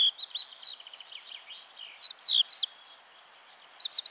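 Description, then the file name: Crested lark singing a varied warbling phrase with a fast trilled run and rising and falling whistles, then a pause before brief notes resume. "DZIERLATKA"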